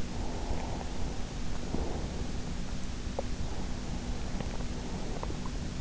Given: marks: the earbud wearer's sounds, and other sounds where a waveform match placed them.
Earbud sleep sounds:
sounds in sleep by an in-ear microphone; breath
0.07-2.23 s: breath
3.38-5.37 s: breath

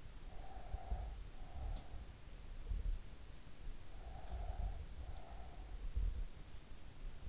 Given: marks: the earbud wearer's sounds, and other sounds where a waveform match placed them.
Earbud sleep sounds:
sounds in sleep by an in-ear microphone; breath
0.24-2.25 s: breath
3.72-6.11 s: breath

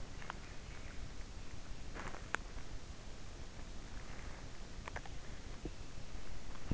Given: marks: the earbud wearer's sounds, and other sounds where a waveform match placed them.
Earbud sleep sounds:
sounds in sleep by an in-ear microphone; teeth grinding
1.80-6.74 s: teeth grinding

